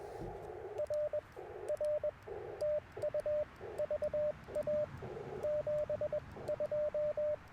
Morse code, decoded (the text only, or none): RR TU VA 72